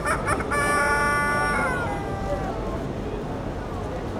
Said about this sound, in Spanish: Es el gallo loco.